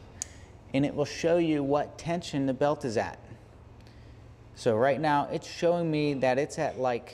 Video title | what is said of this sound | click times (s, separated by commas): How To: Adjust Gates Carbon Belt Drive On An Electric Bike | on here until it clicks | 0.2 s